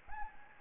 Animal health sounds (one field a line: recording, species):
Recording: mosquito wingbeat signal from an infrared sensor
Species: Anopheles gambiae